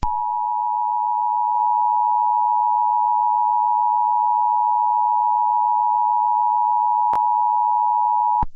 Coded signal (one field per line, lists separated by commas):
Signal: Emergency Alert System (SAME) tones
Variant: 853 and 960 Hz attention tone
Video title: EAS scenario dandys world twisted infection